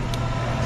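A metal retainer clip on a Ford 5.4 fuel rail/injector connection, with its tabs bent inward using a screwdriver, is pushed on over a steady low hum and gives a short, bright click at 0.1 s. The clip seats on one side only; the other side won't go on, likely because the clip got slightly tweaked, so the fit is only partial.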